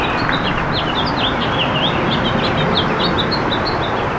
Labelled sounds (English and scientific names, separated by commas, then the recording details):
House Finch (Haemorhous mexicanus) song
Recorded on Long Island, New York, on 1 June 2012
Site AS
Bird B